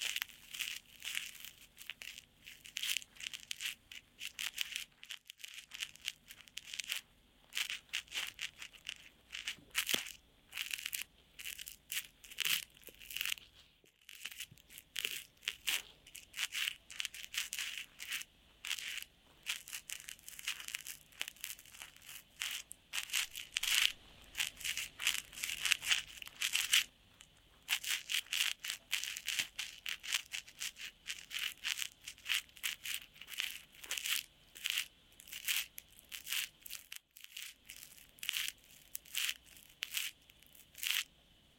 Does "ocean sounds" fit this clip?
no